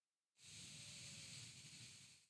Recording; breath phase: one breath near a microphone; exhalation